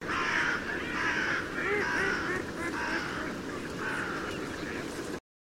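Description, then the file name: Carrion crow calls: a series of harsh, hoarse caws over a constant rushing background noise. "Corvus corone"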